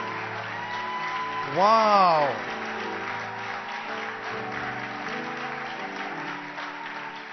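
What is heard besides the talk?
audience applause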